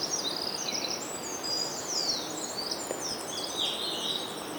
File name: Troglodytes troglodytes